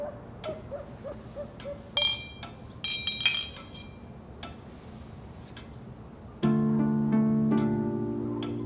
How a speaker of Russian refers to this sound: Давайте выпьем за знакомство. Все берут бокалы с вином.